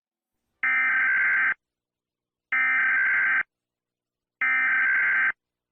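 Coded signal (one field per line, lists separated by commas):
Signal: Emergency Alert System (SAME) tones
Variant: header bursts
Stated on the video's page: Fictional practice EAS scenario, not a real emergency.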